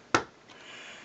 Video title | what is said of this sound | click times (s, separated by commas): LEGO 21301 Birds build, Part I | label and that snaps right in and | 0.2 s